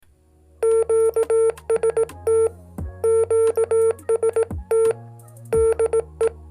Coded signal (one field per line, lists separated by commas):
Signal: Morse code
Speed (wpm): 18 wpm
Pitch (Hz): 450 Hz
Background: none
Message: QST QST DE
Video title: Episode #9 Winter Field Day Preperations